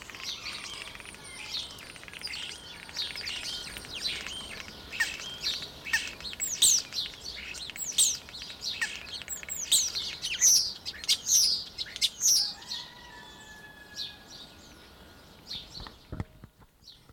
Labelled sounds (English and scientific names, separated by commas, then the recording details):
European Starling (Sturnus vulgaris)
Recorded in captivity
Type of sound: song, call call sequence, twittering
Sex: male
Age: adult
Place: Zoo Berlin, Berlin, DE
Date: 1992-04-04
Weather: bedeckt, 5-8°C
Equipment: Nagra SN, Mikrofon AKG CK 8, Kopie Tesla B 116
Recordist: Tembrock, Günter
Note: Gesang (freifliegend); Dauer 30 s